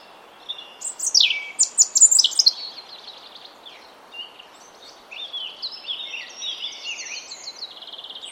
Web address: cianscape birddata Deverinetal 2025 File origin Bird Only Er Ru